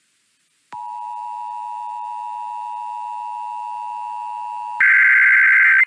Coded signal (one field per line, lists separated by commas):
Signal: Emergency Alert System (SAME) tones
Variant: 853 and 960 Hz attention tone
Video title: Overnight Monthly and Weekly Tests (EAS #462-480) 6/25-26/24